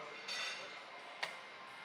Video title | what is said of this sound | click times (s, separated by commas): Jobban jársz, ha nem is tudsz róla? A tested sokáig nem szól. | hasta que haga clic. | 1.2 s